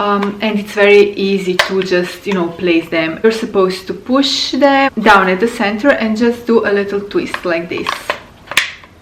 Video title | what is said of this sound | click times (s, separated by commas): SILVERCREST LIDL MULTIFUNCION HOT AIR STYLER £12 ALTERNATIVE TO £499 DYSON AIRWRAP! IS IT ANY GOOD? | hear this click sound, it means that you attached it well. | 8.6 s